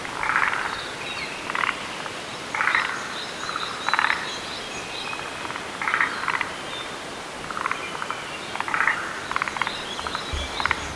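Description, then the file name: Several forest green tree frogs give quick stuttering cluck series in repeated bursts, with thin high insect-like tones behind. "Rhacophorus arboreus"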